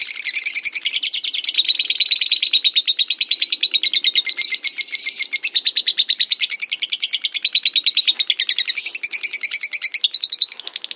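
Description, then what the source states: Lovebird song: one unbroken rapid chattering trill, shrill and buzzy, slightly varying in tone. Lovebird ngekek, a long song, used as a lure song (kicau pancingan).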